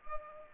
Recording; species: mosquito wingbeat signal from an infrared sensor; Culex pipiens